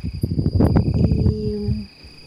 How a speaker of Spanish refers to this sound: Muy al fondo se escuchan algunos grillos que ya empiezan a estridular.